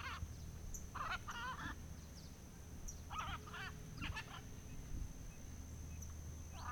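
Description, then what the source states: Macaws screeching with coarse, grating squawks in clustered bursts, set against steady low-pitched rumble and a thin high tone. Macaws at dawn at a fazenda in Goiás, Brazil.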